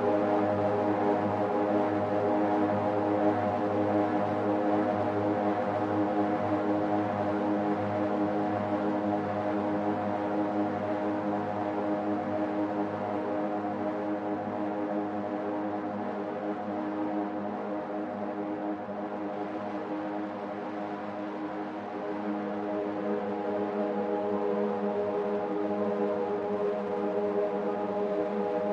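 A sound texture from an effects matrix and a resonator: a dense, steady drone of many stacked ringing tones, strongest in the low and middle range. It holds nearly unchanged for the whole length, with a slight dip and a brief airy shimmer around nineteen seconds.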